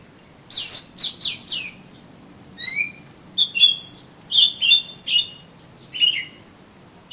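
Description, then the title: Oriental magpie-robin singing, opening with three quick downslurred whistles, then a lower two-toned note and several short whistled phrases. "Kacer Kacer"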